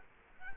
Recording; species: mosquito wingbeat signal from an infrared sensor; Culex quinquefasciatus